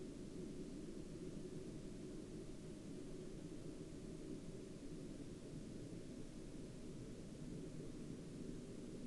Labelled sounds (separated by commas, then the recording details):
man-made sound
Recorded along the Dempster Highway, Canada, on 22 October 2020 at 10:40
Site 12